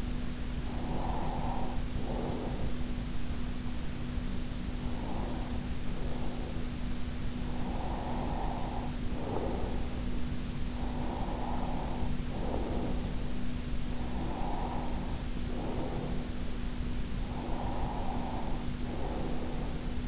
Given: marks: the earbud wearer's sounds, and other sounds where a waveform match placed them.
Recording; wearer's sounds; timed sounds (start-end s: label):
sounds in sleep by an in-ear microphone; breath
0.68-2.70 s: breath
4.57-6.62 s: breath
7.37-9.74 s: breath
10.82-13.19 s: breath
14.15-16.37 s: breath
17.37-20.08 s: breath